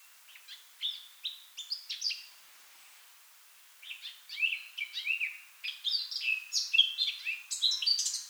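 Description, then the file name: Eurasian blackcap song: two bursts of quick, varied warbling notes, the second longer and rising into brighter, higher phrases after a short pause. "Sylvia atricapilla"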